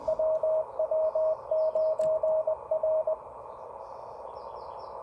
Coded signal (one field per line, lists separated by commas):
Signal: Morse code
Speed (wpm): 20 wpm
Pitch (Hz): 620 Hz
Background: radio noise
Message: WW9R